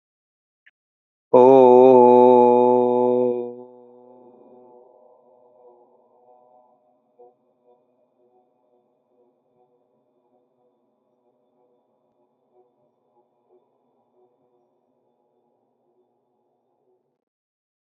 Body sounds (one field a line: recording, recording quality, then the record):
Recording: sustained vowel as in boot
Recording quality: excellent, no background noise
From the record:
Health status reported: healthy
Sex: male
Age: 38 years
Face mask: not worn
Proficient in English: yes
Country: India